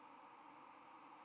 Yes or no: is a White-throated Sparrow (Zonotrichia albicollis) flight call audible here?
no